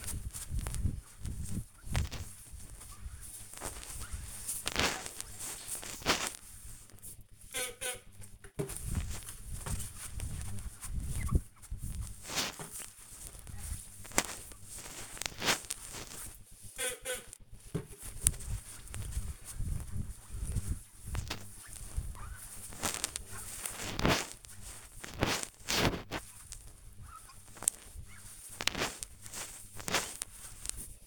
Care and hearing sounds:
household activities, microphone on the right wrist
0.00-31.07 s: window cleaning

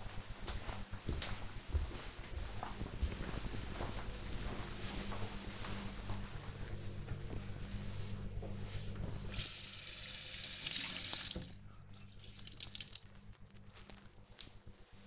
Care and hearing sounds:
household activities, microphone on the right wrist
5.75-15.06 s: cleaning table

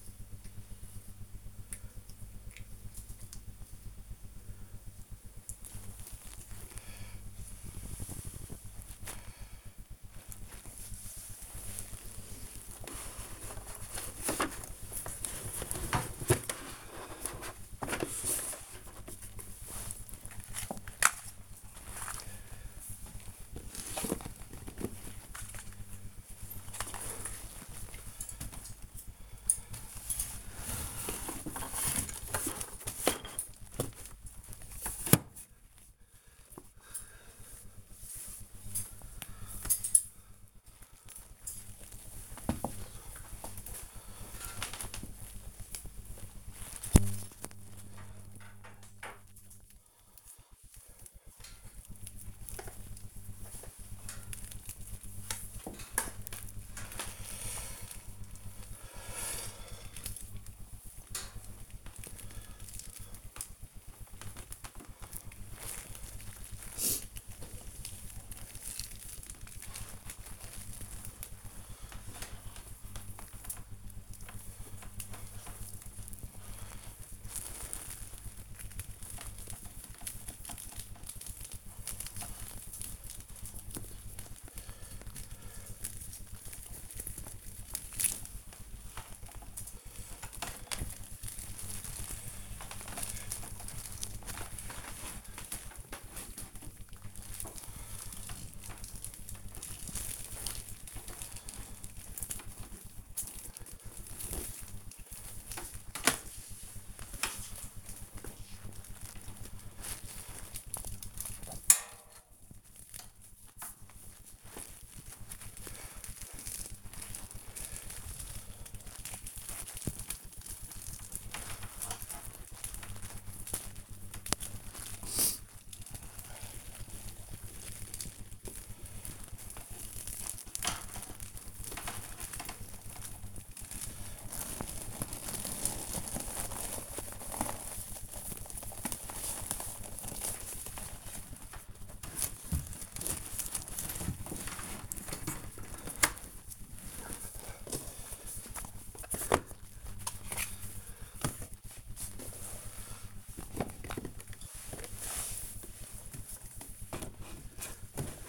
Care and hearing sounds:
household activities, microphone on the right wrist
0.00-19.90 s: cleaning the cupboard
5.97 s: note: puck fall down
41.99-158.29 s: cleaning the cupboard

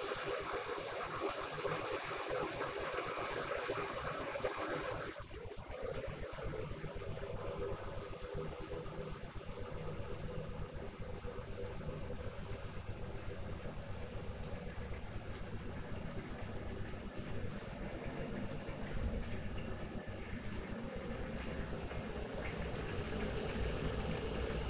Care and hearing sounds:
household activities, microphone on the right wrist
0.00-24.70 s: making tea

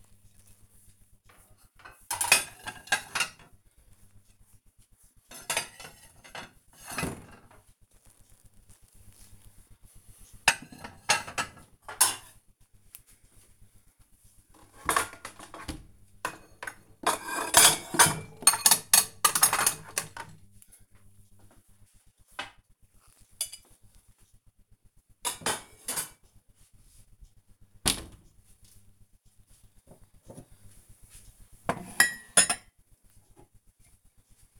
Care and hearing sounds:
household activities, microphone on the right wrist
0.00-34.60 s: putting away the dishes

